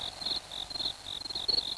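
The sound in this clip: Cricket chirping: high, shrill pulsed bursts repeating steadily in a quick, even rhythm over a faint low background hiss.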